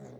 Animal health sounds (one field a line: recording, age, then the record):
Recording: pig call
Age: piglet (1 to 25 days)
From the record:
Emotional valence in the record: negative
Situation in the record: short isolation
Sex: male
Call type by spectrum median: low-frequency call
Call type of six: low-frequency stable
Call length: 0.20 s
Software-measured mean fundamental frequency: 64 Hz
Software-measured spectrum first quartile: 178 Hz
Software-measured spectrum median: 348 Hz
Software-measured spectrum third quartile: 613 Hz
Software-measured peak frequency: 410 Hz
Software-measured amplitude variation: 81 dB a second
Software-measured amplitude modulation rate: 25.3 a second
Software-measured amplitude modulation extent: 3.2 dB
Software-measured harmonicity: -2.2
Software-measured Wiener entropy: 0.21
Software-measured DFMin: 1089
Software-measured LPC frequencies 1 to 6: 507, 1902, 3633, 4415, 6281, 6791 Hz